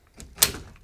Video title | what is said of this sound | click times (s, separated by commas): Canon XA10 Tutorial | so you hear that click that means it's on but then you need to | 0.4 s